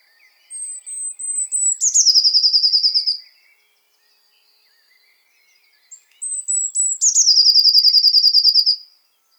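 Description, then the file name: Eurasian blue tit song: thin, very high notes gliding into a fast, bubbling trill, two phrases in a quiet setting. "Cyanistes caeruleus"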